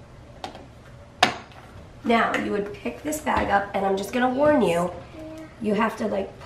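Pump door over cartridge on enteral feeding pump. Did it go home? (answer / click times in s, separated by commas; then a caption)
yes / 1.2 s. A child closes the plastic door over the seated cartridge on an enteral feeding pump, and the door latches shut with a sharp click at 1.2 s, after a fainter tap at 0.4 s. Someone then talks.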